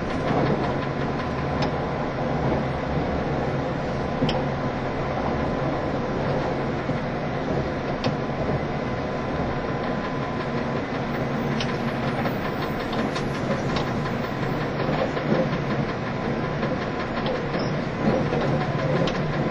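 A train runs steadily, with a dense, constant low rumble and roar that holds its level throughout. Faint clicks and brief metallic ticks recur irregularly over the rumble, a few standing out around the middle and near the end.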